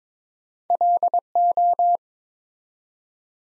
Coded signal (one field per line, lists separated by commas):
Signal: Morse code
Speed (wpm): 22 wpm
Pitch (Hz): 700 Hz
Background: none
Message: LO